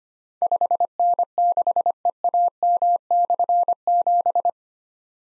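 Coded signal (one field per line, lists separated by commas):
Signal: Morse code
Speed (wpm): 25 wpm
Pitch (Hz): 700 Hz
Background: none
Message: 5N6EAM/7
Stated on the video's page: Practice drill of difficult slashed call signs at 25 wpm; each call is sent in Morse, spoken, then sent again.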